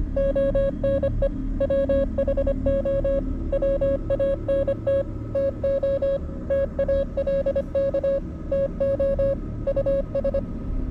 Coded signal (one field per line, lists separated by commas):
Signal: Morse code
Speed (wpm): 25 wpm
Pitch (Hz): 550 Hz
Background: music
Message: ONE WHO WANT TO TALK TO US